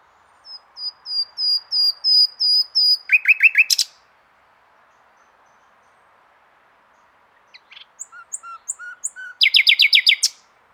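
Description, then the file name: Common nightingale singing a series of clear high whistles, then a rapid rattling trill; after a silent gap, softer notes build into another fast repeated burst. "Luscinia megarhynchos"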